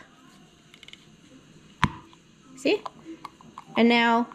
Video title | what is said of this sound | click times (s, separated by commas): Ding Ding Ding LUNCH TIME - What I Fed My Kids - What We Eat in a Week | whenever I give this an open you will hear the pop | 1.8 s